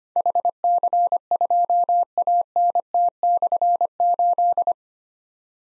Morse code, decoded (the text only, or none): HC2ANT/8